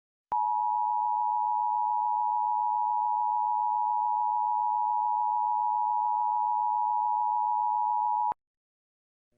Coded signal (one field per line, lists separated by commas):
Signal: Emergency Alert System (SAME) tones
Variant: 853 and 960 Hz attention tone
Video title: Pennsylvania EAS June RMT Emergency Alert System Required Monthly Test on NBC 10 WCAU-TV 6/17/21